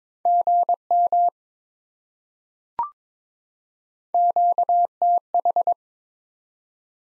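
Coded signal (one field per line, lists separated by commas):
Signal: Morse code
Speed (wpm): 22 wpm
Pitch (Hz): 700 Hz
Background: none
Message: GM QTH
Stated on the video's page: Morse head-copy drill of common QSO elements at 22 wpm, each sent, spoken, then sent again.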